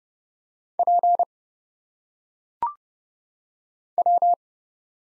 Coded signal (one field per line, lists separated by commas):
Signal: Morse code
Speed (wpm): 31 wpm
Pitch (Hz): 700 Hz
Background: none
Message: P W